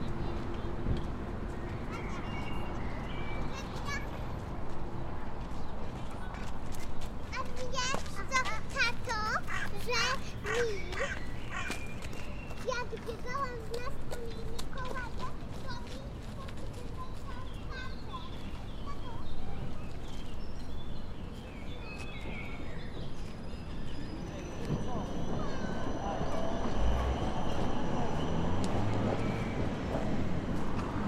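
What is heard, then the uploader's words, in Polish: Spring birdsong and children's voices fill a busy outdoor scene, with bright chirping calls clustered between about seven and fifteen seconds. A steady low rumble of passing traffic or trams runs throughout, swelling louder after twenty-five seconds, while calls and chatter continue. Ul. Świętej Jadwigi : Kościół NMP na Piasku. Lokalizacja: Stare Miasto, Rynek. Opis: Skwer obok Mostu Piaskowego. Rekorder, mikrofon: sony pcm d50, mic rode nt4, FEL BMA preamplifier.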